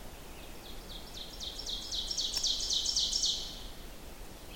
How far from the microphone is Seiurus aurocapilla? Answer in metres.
about 30 m